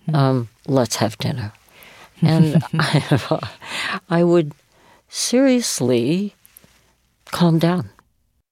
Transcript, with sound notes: Let's have dinner.
(LAUGHTER)
And I would seriously calm down.